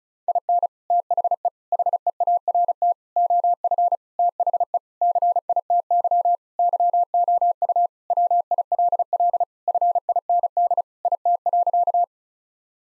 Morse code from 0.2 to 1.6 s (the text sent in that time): IN THE